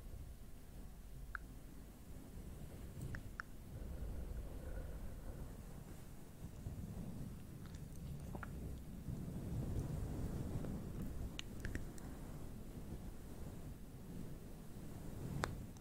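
Long nail scratching across a fluffy mic makes a thick, rumbling low rustle that runs the whole time, swelling slightly in the middle. Short sharp ticks cut through now and then, near the start, around eight and twelve seconds, and right at the end.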